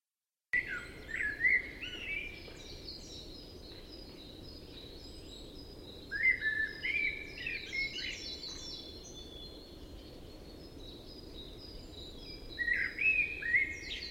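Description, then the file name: Common blackbird delivering three fluting phrases several seconds apart, each mellow start followed by high, scratchy twitter notes, against a continuous hissing background. "Turdus merula"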